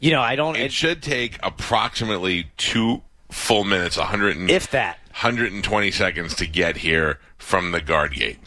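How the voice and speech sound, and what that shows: A man speaks fluently at a relaxed pace, giving a driving time; ordinary speech with no disfluency.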